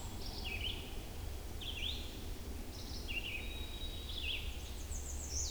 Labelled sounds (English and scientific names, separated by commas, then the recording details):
Red-eyed Vireo (Vireo olivaceus) song
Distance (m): 50 m
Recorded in boreal forest in Alberta, Canada, on 21 June 2016 at 06:36
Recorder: SongMeter 3, array SBT-6-81
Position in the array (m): 162 m, 58 m